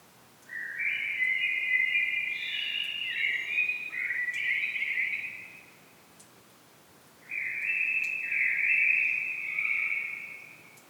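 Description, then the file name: Common blackbird song: a long phrase of stepped fluty notes, then a second fluty phrase after a pause. "Turdus merula"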